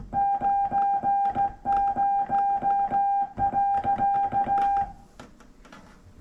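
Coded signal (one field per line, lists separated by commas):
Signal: Morse code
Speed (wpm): 16 wpm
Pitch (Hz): 800 Hz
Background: none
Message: 90.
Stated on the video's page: Daily straight key practice, aiming for clear keying rather than just speed.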